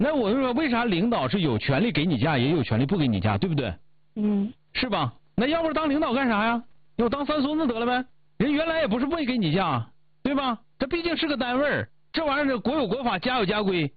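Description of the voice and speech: Clear, fluent Mandarin speech from one adult with lively pitch and short pauses; the voice sounds normal.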